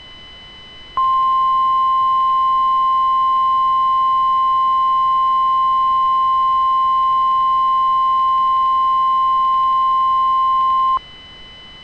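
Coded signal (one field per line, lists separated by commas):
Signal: Emergency Alert System (SAME) tones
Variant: 1050 Hz attention tone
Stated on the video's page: Fictional EAS scenario.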